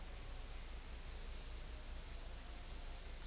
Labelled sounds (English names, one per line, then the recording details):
none
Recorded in secondary vegetation near Puerto Asís, Putumayo, Colombia, on 18 December 2024 at 11:00
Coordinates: 0.485, -76.322
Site GP08